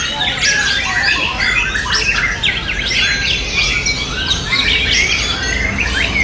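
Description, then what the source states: White-rumped shama song, a dense run of varied whistled and chattering phrases tumbling without pause, with a steady hiss of background noise throughout. Wild bird; natural song recorded in forest.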